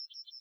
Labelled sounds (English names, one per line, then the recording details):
Yellowhammer song
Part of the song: start
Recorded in the Czech Republic on 30 May 2013
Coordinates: 50.387, 17.118
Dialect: BlBh
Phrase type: B21
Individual 302640